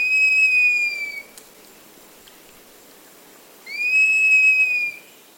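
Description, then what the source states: Cinereous Mourner giving two long, clear, high whistles separated by a quiet gap of roughly two and a half seconds. Lives in the lower canopy of Amazon basin forest.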